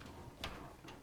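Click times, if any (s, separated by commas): 0.4 s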